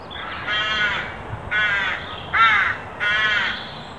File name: Corvus corone